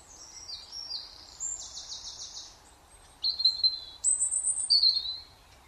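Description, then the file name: European robin song with a buzzy rapid trill, then clear, high sustained whistles and a descending slurred note, all thin and sweet over light hiss. "Erithacus rubecula"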